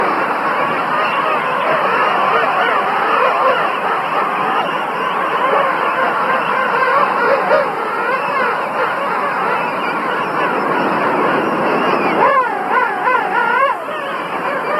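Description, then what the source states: King penguins calling in a dense, noisy colony chorus of overlapping braying calls, with a few clear wavering, warbled trumpet calls standing out near the end. Breeding colony (rookery) of king penguins.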